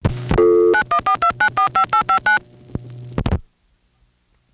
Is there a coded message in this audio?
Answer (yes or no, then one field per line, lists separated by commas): yes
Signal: DTMF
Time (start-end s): 0.7-2.4 s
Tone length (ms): 100 ms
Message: 9142945859